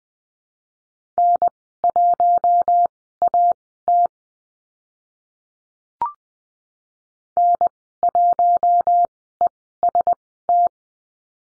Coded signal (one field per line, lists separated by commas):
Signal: Morse code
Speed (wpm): 19 wpm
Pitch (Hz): 700 Hz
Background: none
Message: N1AT N1EST